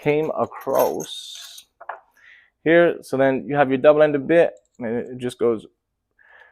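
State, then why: Not seated. Someone talks while handling a double-ended screwdriver bit about to go into a locking bit holder, with a few brief handling ticks in the pauses. The clip ends before the bit goes in, so nothing has seated or clicked yet.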